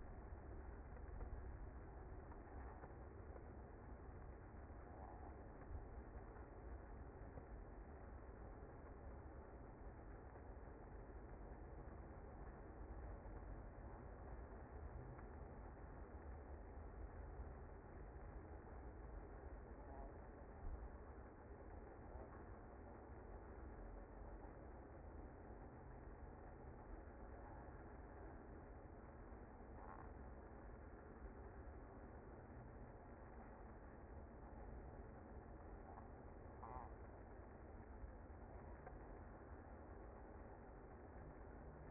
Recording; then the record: honeybee colony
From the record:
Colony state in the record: active